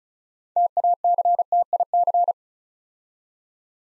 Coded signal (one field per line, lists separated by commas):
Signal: Morse code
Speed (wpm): 36 wpm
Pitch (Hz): 700 Hz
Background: none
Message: TACTIC